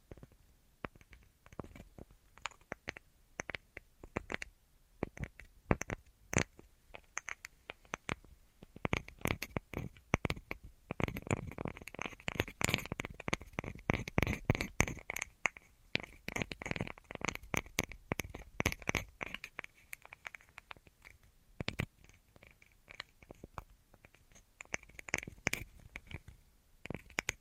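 Tapping on assorted surfaces, delivered as a rapid, uneven stream of sharp clicks and knocks, dense throughout. The taps bunch into a busier, fuller stretch around the middle, roughly 11 to 16 seconds, with quieter gaps and some light scratching between bursts.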